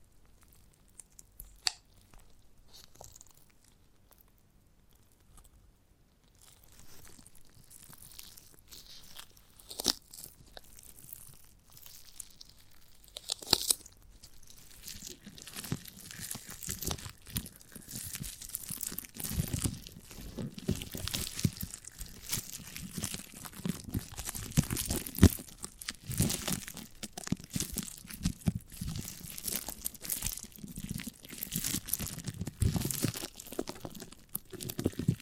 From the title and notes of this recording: ASMR of a Giant Gummy Bear (No Talking).